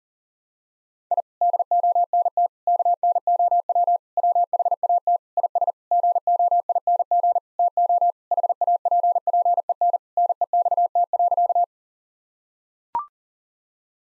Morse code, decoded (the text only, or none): I DONT KNOW WHAT IS GOING TO HAPPEN NEXT.